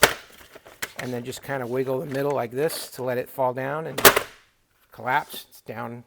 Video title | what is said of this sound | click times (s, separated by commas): Get Organized! Large Collapsing Crate by VEVOR | And then when you need to do that, unsnap those sides again, and | 0.0 s